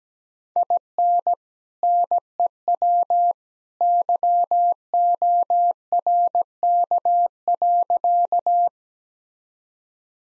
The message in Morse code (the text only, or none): IN NEW YORK.